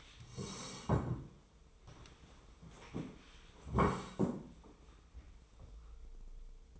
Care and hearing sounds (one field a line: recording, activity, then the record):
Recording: daily activity, microphone in the room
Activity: sit down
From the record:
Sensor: 1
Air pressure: 1005.4 hPa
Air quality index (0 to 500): 124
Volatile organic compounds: 5 ppm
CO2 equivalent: 1741 ppm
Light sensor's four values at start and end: 11/26/10/11 and 11/27/11/12